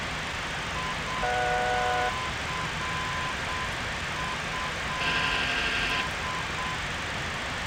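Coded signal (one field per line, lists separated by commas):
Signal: Morse code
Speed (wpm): 7 wpm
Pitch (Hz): 1020 Hz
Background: none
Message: ICUS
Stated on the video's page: Morse in a flight simulator MD-83 flight.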